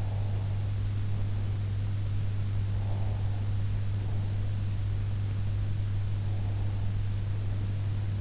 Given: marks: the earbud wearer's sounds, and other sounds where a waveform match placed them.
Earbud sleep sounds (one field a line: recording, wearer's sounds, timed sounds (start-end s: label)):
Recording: sounds in sleep by an in-ear microphone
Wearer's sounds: breath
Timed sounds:
0.00-0.72 s: breath
2.81-3.57 s: breath
6.21-7.02 s: breath